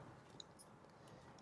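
A speaker module assembly is slowly pressed back into the frame of an A7 (2017) smartphone during a display replacement. A single faint, sharp tick sounds at 0.4 s over a low, steady background hiss as the module seats in place.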